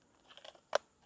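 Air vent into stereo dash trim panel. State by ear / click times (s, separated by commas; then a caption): seated / 0.7 s. A plastic dash air vent is tilted into a new plastic stereo trim panel bottom first, and then the top is snapped into place. Light plastic rubbing and small taps are heard around 0.3–0.5 s. A single sharp click at 0.8 s shows the vent is seated in the trim panel.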